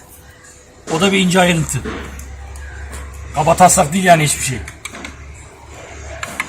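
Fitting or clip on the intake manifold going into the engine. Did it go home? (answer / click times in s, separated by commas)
yes / 6.2 s, 6.4 s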